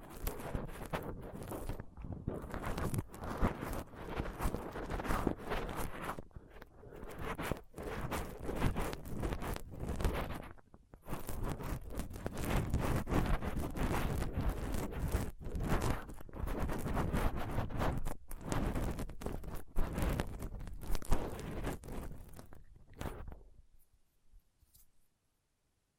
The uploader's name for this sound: Rough Mic Picking using Dental PickTweezersCotton Swab